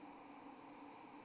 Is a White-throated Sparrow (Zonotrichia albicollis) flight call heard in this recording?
no